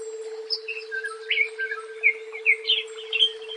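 Leafbird song, quick varied chirps and warbled notes strung together, with a constant low hum beneath.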